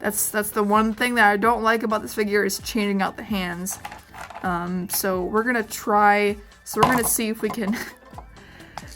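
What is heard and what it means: Someone talks while forcing a swappable plastic hand onto the arm's ball joint of a Tomy Ultimate Sonic action figure, a joint that gives no satisfying snap. After a faint tick, a sharp click at 8.8 s marks the hand popping onto the ball joint and seating.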